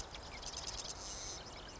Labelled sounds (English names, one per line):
Marsh Wren